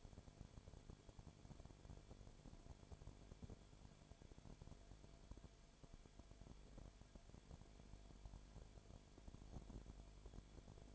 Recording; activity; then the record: daily activity, microphone in the room; no activity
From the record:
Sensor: 5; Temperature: 19.9 degrees Celsius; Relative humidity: 35.6%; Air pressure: 1003.4 hPa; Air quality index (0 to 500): 56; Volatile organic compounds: 1 ppm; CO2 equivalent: 634 ppm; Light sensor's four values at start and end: 2/3/1/1 and 2/3/1/1